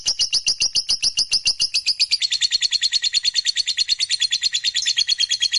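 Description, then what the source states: Lovebird delivering an unbroken run of fast, piercing chirps that blur into a buzzy trill. Fighter-type lovebird, described as gacor, singing energetically.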